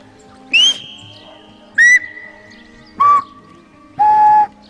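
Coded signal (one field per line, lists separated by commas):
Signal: whistled language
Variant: Silbo Gomero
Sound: four short breathy whistles, each lower in pitch, with faint ringing between them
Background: low hum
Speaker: Por ejemplo, en el Silvo Gomero se emplean dos tonos principales que suben y bajan en intensidad y duración para representar sílabas del español. I e a o. [Música]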